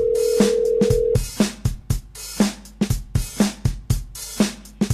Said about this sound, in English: see he won't even answer his phone now.